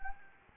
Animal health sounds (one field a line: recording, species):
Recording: mosquito wingbeat signal from an infrared sensor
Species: Anopheles gambiae